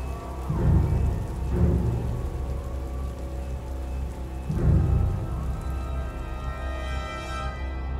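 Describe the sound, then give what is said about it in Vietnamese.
Steady rain patters down without a break, with low rumbling thunder rolling in at a few moments. Underneath sits a faint tonal hum, and no one speaks. “Trên nền đất lác đác mưa trời, hai chữ Nhị Hà chiết bằng máu còn chưa ráo hẳn.”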